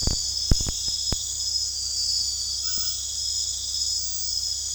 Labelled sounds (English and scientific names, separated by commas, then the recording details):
none
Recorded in dense forest near Puerto Asís, Putumayo, Colombia, on 19 February 2024 at 00:30
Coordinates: 0.485, -76.322
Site G6406